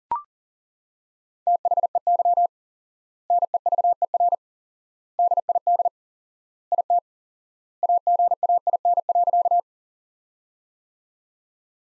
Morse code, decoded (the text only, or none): THEY NEVER DID IT AGAIN.